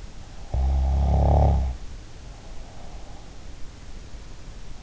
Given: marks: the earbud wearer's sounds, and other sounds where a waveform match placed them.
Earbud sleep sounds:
sounds in sleep by an in-ear microphone; snoring breath
0.46-3.11 s: snoring breath

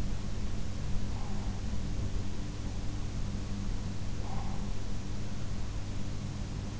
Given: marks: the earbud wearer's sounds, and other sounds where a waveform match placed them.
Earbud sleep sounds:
sounds in sleep by an in-ear microphone; breath
0.89-1.75 s: breath
3.75-5.41 s: breath

